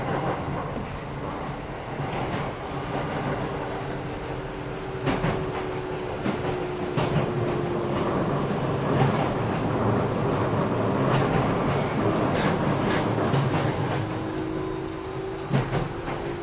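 A train runs with a steady low rumble and rattle, sharp clanks around 2, 5, 7 and 9 seconds, and a faint whining tone.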